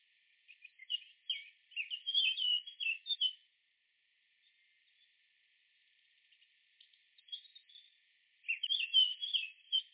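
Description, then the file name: Eurasian blackcap delivering a fast mixed warble for a few seconds, a quiet pause with faint notes, then another hurried chattering warble. "Sylvia atricapilla"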